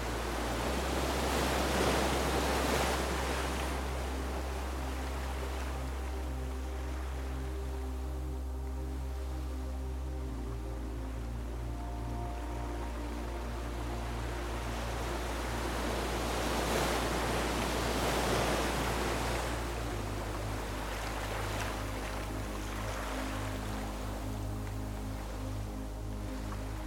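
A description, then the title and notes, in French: Gentle waves wash in and out, their hiss swelling around 2 and 17 seconds before easing back. Beneath them, slow meditative music holds long, low sustained tones that shift chords near 10 and 20 seconds, with a soft higher melody drifting in mid-clip. VAGUES Berçantes et MUSIQUE Méditative. La musique méditative, soigneusement composée, accompagne les sons naturels.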